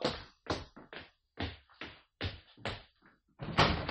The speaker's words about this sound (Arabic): شوف مين يا واد اللي بيخبط على الباب